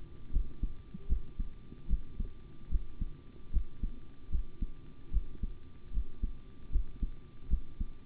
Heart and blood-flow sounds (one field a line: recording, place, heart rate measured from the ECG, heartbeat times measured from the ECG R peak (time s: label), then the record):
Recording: heart sounds by stethoscope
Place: between the tricuspid and mitral areas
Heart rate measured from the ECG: 75 bpm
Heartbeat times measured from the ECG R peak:
0.31 s: heartbeat
1.07 s: heartbeat
1.88 s: heartbeat
2.69 s: heartbeat
3.51 s: heartbeat
4.30 s: heartbeat
5.11 s: heartbeat
5.91 s: heartbeat
6.70 s: heartbeat
7.48 s: heartbeat
From the record:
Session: rest, sitting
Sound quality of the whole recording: good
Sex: male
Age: 25 years